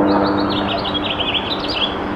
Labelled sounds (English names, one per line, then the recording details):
House Finch song
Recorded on Long Island, New York, on 21 April 2011
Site SR
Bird E